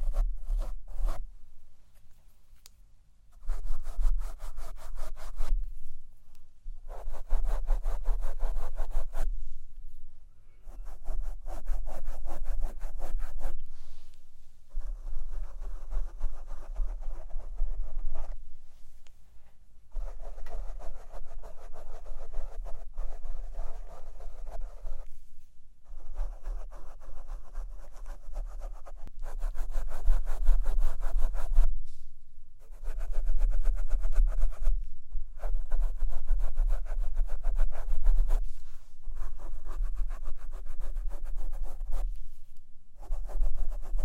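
A microphone is brushed and rubbed in scratchy bursts lasting a few seconds each, separated by short pauses around 3, 6, 10, 14, 25 and 42 seconds. Small ticks and taps are scattered through the rubbing, over a constant low hum.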